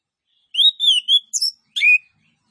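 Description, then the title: Orange-headed thrush song: a short phrase of five notes, three wavering whistles and then two sharper notes. Master (masteran) audio of an actively singing (gacor) bird, with full fill-in phrases that include cililin-style bursts. "Anis Kembang Gacor 15. MASTERAN ANIS KEMBANG ISIAN FULL DENGAN TEMBAKAN CILILIN"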